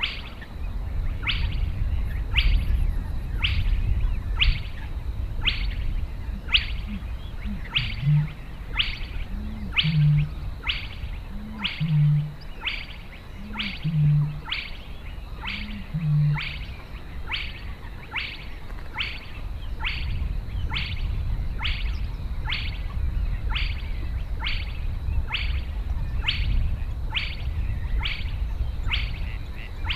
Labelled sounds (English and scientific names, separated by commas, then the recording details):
Spotted Crake (Porzana porzana) song
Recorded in the wild
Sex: male
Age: adult
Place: Warsow, Kummerower See, Mecklenburg-Vorpommern, DE
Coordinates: 53.8369, 12.8331
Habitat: wetland
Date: 2013-04-26
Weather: cloudy, weak winds, 5°C
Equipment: Sound Devices 702, Sennheiser MKH 70, Rycote Windschutz
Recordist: Frommolt, Karl-Heinz